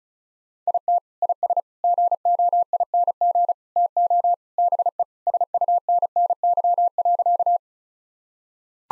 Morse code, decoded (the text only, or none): IT IS GOING TO BE SUNNY.